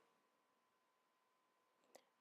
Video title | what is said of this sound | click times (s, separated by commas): Step by Step VEX IQ Standard Drive Base Robot Build Instructions | you have those snapped in place you have now completed your vex | 2.0 s